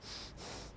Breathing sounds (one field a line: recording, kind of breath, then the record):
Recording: one breath in and out by a microphone near the nose and mouth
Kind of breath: strong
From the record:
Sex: male